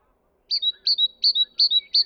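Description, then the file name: Great tit singing a bright two-note phrase, a high note dropping to a lower one, repeated five times in quick, steady succession. "Parus major"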